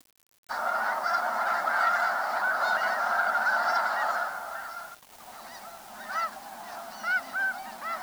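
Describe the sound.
Bird honking: a dense chorus of overlapping nasal calls for about four seconds, then fewer, separate honks after a brief pause.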